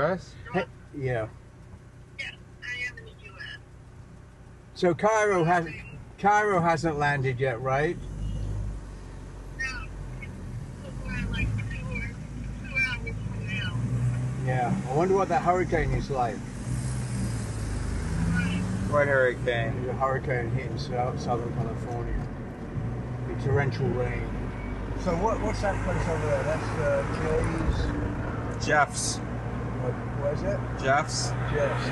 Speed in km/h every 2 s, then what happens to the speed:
0, 0, 0, 0, 4, 12, 12, 15, 15, 23, 26, 28, 30, 36, 36, 38.
0-7 standing. 7-32 pulls away to 38.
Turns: none.